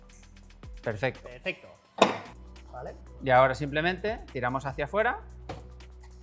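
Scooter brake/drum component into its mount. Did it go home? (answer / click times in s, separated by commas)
no / none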